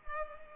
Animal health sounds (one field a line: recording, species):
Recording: mosquito wingbeat signal from an infrared sensor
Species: Culex pipiens